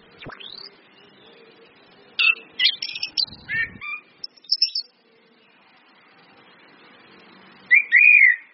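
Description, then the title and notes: Orange-headed thrush song, quick jumbled whistled notes in a burst around the middle, then a drawn-out warbling phrase at the end; faint low rumbling underneath. Indonesian training lure ('pancingan') of clear 'ngeplong' song with female whistles ('suitan betina'), meant to make birds sing eagerly ('gacor'). "PANCINGAN anis kembang ngeplong dan SUITAN BETINA. Masteran Anis Kembang"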